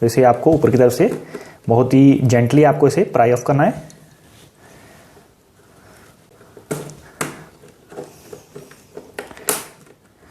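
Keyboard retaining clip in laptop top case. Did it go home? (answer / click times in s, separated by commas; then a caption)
released / 7.2 s, 9.5 s. Someone talks for about the first four seconds, then a laptop keyboard is gently pried up from its top side to free the plastic retaining clips in the laptop's top case. Sharp clicks ring out at 7.2 s and 9.5 s as the clips release and the keyboard comes free.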